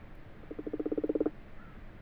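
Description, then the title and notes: Common frog giving one brief, soft purr of evenly spaced pulses, under a second long, in a quiet background. Common frogs purring in full daylight, 21 February 2020 at 12:45, abandoned water-filled wash house in a field, Fourcinet, Drôme, France; Nagra LB, binaural. "Ca roucoule dans le lavoir. 21 février 2020-12h45-Fourcinet - Drôme. roucouler les Grenouilles rousses (Rana temporia)"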